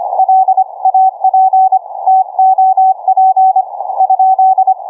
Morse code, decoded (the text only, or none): LAPTOP ?